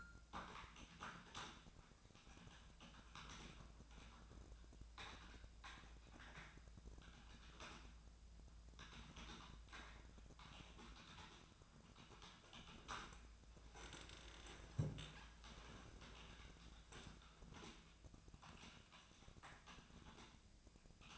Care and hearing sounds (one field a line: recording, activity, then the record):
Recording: daily activity, microphone in the room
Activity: typing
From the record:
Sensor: 2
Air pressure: 1000.0 hPa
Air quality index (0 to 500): 129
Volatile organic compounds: 2 ppm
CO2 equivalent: 1105 ppm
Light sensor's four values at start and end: 25/62/27/30 and 25/62/27/30